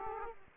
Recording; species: mosquito wingbeat signal from an infrared sensor; Aedes aegypti